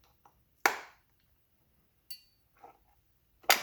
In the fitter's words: all right i did hear a click